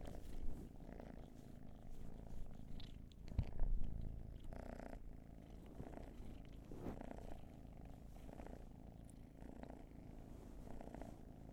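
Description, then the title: Cat purr, deep and even, rising and falling with each breath, with a brief louder bump of noise around the fourth second. Long purring session. "Purrathon"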